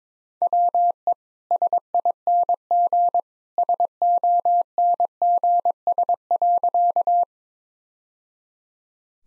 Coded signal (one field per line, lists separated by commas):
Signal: Morse code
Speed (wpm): 22 wpm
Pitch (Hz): 700 Hz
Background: none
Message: WE SING SONGS.